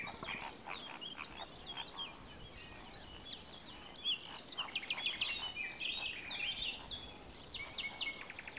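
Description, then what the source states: Bird calls from several birds, quick chirps and brief buzzy trills overlapping, with steady background noise throughout. Comacchio lake.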